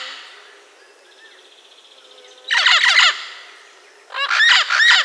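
Bird giving harsh, grating calls in two short bursts of rapid descending notes, with a faint steady buzzing between them.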